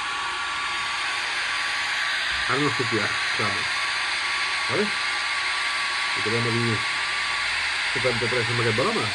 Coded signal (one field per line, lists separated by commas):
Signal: FT8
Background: speech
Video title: QSO en FT8 entre EB3TC i V73QQ